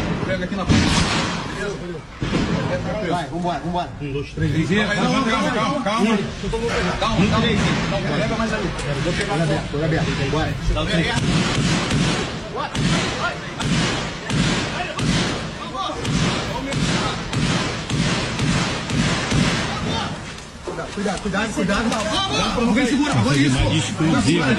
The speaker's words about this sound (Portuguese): Complexo da Penha. E o tiro não para, ó. Mesmo no resgate do delegado, eles não param de defender.